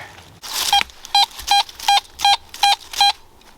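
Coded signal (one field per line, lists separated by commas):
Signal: none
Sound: metal detector beeps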